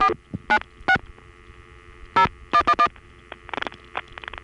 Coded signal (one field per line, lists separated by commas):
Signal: DTMF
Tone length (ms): 70 ms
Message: 496 0111